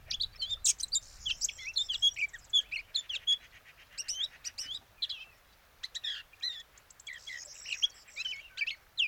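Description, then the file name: Eurasian blackcap singing a dense, busy warble of clicks, chatters and bright whistled slurs, in repeated bursts throughout. "Sylvia atricapilla"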